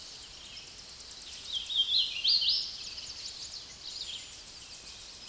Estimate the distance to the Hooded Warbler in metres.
about 20 m